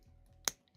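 A plastic model kit part is pressed into its mating peg or socket over a faint low hum. At 0.5 seconds a single sharp, bright snap rings out and quickly fades, and the part is seated in place.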